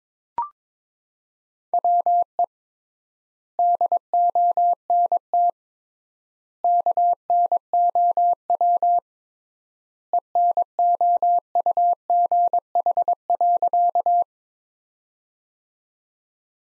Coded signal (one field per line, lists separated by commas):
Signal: Morse code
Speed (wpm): 22 wpm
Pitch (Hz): 700 Hz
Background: none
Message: WE DONT KNOW ENOUGH.